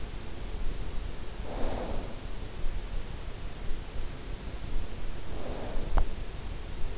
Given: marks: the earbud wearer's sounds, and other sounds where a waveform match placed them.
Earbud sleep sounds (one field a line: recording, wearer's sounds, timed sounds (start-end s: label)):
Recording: sounds in sleep by an in-ear microphone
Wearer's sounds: snoring breath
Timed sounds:
1.28-2.05 s: snoring breath
5.25-5.97 s: snoring breath